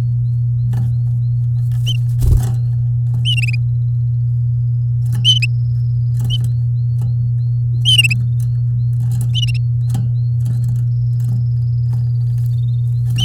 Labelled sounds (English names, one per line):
Domestic Canary song